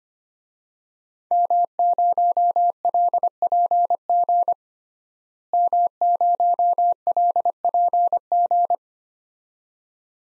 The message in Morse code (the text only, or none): M0LPG M0LPG